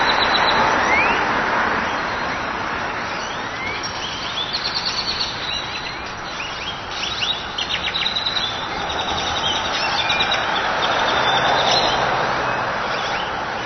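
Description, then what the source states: Bird calls, many short, high chirps repeated in bursts throughout, with a constant background rumble of traffic. Birds on 6th Street.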